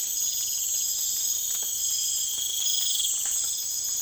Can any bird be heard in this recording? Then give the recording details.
no. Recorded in secondary vegetation near Puerto Asís, Putumayo, Colombia, on 25 June 2025. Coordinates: 0.488, -76.319. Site G094